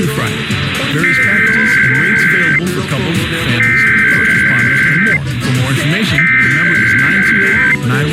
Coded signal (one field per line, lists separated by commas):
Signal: Emergency Alert System (SAME) tones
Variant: header bursts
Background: speech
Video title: IPAWS Weekly Tests (EAS #570-575) 8/12/24